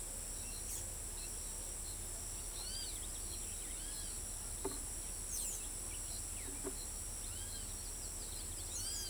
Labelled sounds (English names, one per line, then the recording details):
Blue-gray Tanager
Great Kiskadee
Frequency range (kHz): Great Kiskadee 0.9-6.5 kHz
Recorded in pastures near Pivijay, Magdalena, Colombia, on 1 June 2023 at 06:00
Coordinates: 10.456, -74.369
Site P6-G026